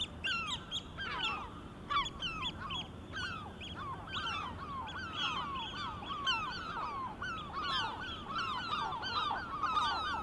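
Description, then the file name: Gulls crying in a busy chorus, harsh downslurred squeals overlapping densely throughout, with a few higher clipped notes among them. Recorded on 23 May 2004. "Mouettes 040523"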